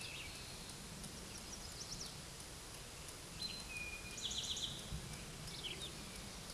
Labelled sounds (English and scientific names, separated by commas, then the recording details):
Eastern Towhee (Pipilo erythrophthalmus) song
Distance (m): 20 m
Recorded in a Pennsylvania forest on 17 May 2023 at 13:23
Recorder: AudioMoth, point grid1_8_low
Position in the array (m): 111 m, 105 m